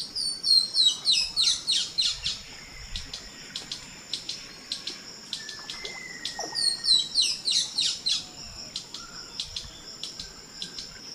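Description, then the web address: Green-and-rufous kingfisher giving rapid, high, sharp chattering notes in dense bursts, with two main runs separated by a quieter stretch. Calls and songs of a pair, recorded in the eastern lowlands of South America. "Natures Songs S America Eastern Lowlands. Chloroceryle inda, calls and songs pair"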